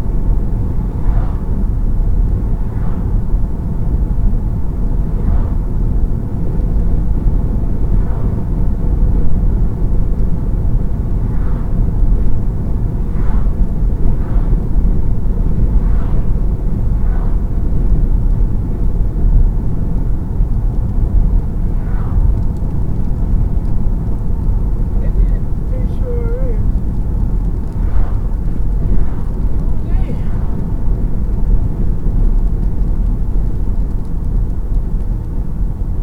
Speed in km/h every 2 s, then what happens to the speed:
90, 90, 90, 90, 90, 90, 87, 84, 85, 85, 87, 87, 85, 85, 84, 82, 81, 77.
0-23 steady at about 87. 23-36 slows to 77.